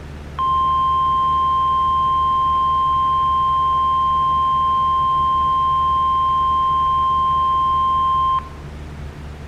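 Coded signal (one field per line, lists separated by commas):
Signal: Emergency Alert System (SAME) tones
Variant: 1050 Hz attention tone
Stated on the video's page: Hypothetical hurricane scenario alert with valid EAS tones; not a real event.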